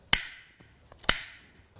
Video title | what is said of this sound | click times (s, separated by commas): Buckingham OXBlock Training | now for one wrap it's two clicks | 0.1 s, 1.1 s